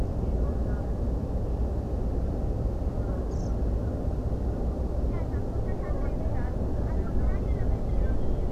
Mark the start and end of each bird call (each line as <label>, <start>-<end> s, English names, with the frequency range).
European Pied Flycatcher (3.9-7.8 kHz), 3.31-3.48 s